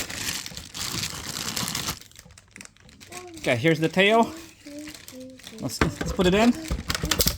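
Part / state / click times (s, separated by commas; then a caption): plastic tail segment into dinosaur figure body / seated / 7.1 s. Crinkling sounds fill the first two seconds, then someone talks while the plastic tail segment of a JW Legacy Collection Diplodocus dinosaur figure is pushed into the body socket. A sharp snap at 7.1 s shows the tail is seated and attached.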